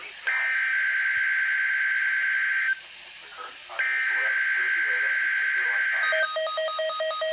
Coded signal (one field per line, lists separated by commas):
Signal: Emergency Alert System (SAME) tones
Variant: header bursts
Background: speech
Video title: EAS #1015-1019 - WXL39 KIH28 WXM60 KZZ31 and WNG704 Required Weekly Tests 4-15-2015